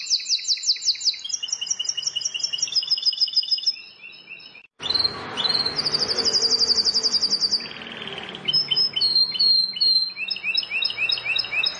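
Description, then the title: Bar-winged prinia delivering rapid high chirping phrases and buzzy trills, with a brief pause midway before more fast ticking and trilled notes. "Ciblek Sawah"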